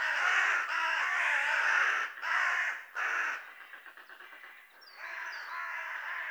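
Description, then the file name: Carrion Crow giving harsh, raspy caws, a long drawn-out one then two shorter, followed by quieter clicking notes and a faint high whistle near the end. "Corvus corone"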